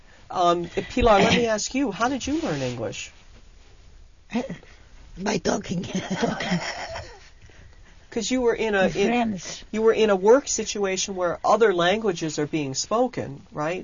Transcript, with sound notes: Pilar, let me ask you, how did you learn English?
By talking with friends. ( they laugh )
Because you were in, you were in a work situation where other languages are being spoken, right?